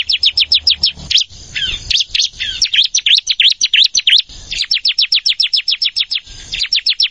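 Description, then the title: Plain prinia song: a rapid series of sharp, high, buzzy notes in bursts broken by brief pauses. "Ciblek Sawah"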